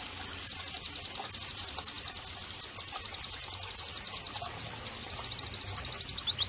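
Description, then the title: White-eye song: rapid shrill trills, each series introduced by a downslurred whistle, the last trill slightly lower. Pleci singing actively (gacor), used as therapy and bird-training (masteran) audio. "Pleci Gacor. terapi pleci dextro 87 plus masteran kenari sahdu OmAcuz Dextro87 channel"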